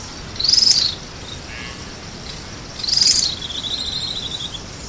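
Bird giving two bright, high buzzy notes a couple of seconds apart, the second running into a quick, even, high trill.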